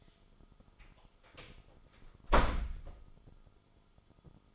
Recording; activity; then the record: daily activity, microphone in the room; close door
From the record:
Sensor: 5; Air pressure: 1005.2 hPa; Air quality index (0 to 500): 85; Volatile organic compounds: 2 ppm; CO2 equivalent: 1027 ppm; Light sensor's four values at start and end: 35/82/33/32 and 35/82/33/32